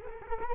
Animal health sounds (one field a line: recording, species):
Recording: mosquito wingbeat signal from an infrared sensor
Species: Culex quinquefasciatus